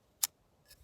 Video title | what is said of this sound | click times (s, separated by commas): Glow Rhino - A Sharp Review of The Reactor/Tritium Glow in the Dark Knife Operation and Performance! | I'm going to let it click into place | 0.2 s